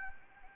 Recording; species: mosquito wingbeat signal from an infrared sensor; Anopheles gambiae